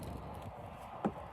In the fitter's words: Pull this down until you hear a click. Boom,